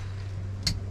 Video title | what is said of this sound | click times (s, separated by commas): A Quick Diagnosis & Testing Fuel Pressure on the Yamaha GP1800r WaveRunner [4K] | hear that click click | 0.7 s